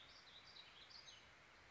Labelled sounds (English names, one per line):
Warbling Vireo